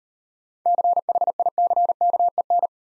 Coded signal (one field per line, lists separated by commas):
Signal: Morse code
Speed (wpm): 38 wpm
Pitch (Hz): 700 Hz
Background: none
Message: CHICKEN